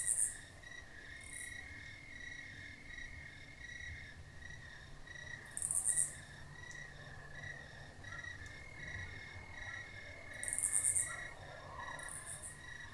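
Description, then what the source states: Pulsing high cricket chirps carry on, broken at irregular intervals by harsh raspy cicada bursts. Crickets in a country field at night, with a nearby raspy cicada.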